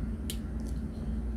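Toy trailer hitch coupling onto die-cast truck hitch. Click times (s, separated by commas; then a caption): 0.3 s. A small die-cast military cargo trailer's hitch is fitted onto the hitch of a 1/64 scale die-cast vehicle. A short, sharp snap at 0.3 s cuts through a steady low hum as the coupling seats in place.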